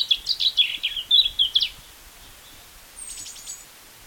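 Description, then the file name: European robin song: a quick tumbling phrase of high, tinkling notes, followed after a pause by a brief, very high thin trill. "Erithacus rubecula"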